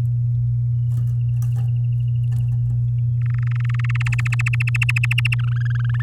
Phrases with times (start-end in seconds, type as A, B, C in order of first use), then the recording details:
3.21-4.08 A, 4.12-5.34 B, 5.39-6.02 C. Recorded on 11 May 2018 at 06:02. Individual llb16